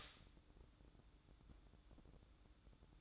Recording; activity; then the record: daily activity, microphone in the room; stop toaster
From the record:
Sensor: 3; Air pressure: 1007.2 hPa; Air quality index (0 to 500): 54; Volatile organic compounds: 1 ppm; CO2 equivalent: 592 ppm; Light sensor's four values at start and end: 8/18/7/7 and 8/18/7/7